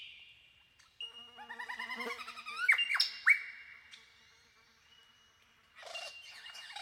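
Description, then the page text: Superb lyrebird song: a mix of stacked harmonic notes and two whip-like downward sweeps, with a short noisy burst near the end. "Большая птица-лира - Superb Lyrebird (Menura novaehollandiae)"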